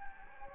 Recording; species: mosquito wingbeat signal from an infrared sensor; Anopheles gambiae